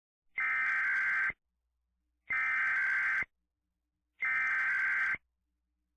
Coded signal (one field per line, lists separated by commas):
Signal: Emergency Alert System (SAME) tones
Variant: header bursts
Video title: EAS MOCK - When Winter Takes It's Course